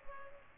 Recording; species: mosquito wingbeat signal from an infrared sensor; Culex pipiens